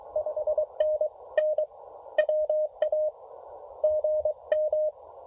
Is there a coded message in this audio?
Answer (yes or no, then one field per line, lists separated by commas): yes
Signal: Morse code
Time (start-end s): 0.2-4.9 s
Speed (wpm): 21 wpm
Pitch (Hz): 620 Hz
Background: none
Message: 5NN WA GM